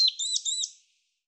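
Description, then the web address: European robin song fragment, a brief high sweet warble of thin whistled notes lasting under a second, then silence. "Deverinetal 2025 Bird Er Ru Er Ru"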